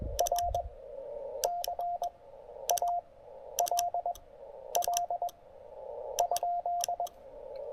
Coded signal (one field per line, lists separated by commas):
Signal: Morse code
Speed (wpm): 20 wpm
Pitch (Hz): 690 Hz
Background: none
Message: R CALL ?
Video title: Penntek TR-45L Skinny: QRP (and QRM) at Gorges State Park!